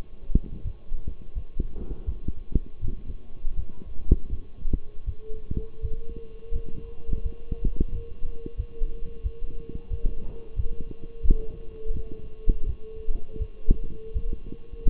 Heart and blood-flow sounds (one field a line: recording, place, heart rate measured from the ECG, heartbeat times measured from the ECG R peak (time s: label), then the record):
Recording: heart sounds by stethoscope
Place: between the tricuspid and mitral areas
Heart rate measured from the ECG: 84 bpm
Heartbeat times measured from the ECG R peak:
0.63 s: heartbeat
1.34 s: heartbeat
2.05 s: heartbeat
2.81 s: heartbeat
3.56 s: heartbeat
4.30 s: heartbeat
5.05 s: heartbeat
5.81 s: heartbeat
6.52 s: heartbeat
7.23 s: heartbeat
7.91 s: heartbeat
8.57 s: heartbeat
9.23 s: heartbeat
9.89 s: heartbeat
10.56 s: heartbeat
11.22 s: heartbeat
11.92 s: heartbeat
12.65 s: heartbeat
13.38 s: heartbeat
14.13 s: heartbeat
14.87 s: heartbeat
From the record:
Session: walking at 3.7 km/h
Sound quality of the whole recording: partially saturated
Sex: male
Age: 24 years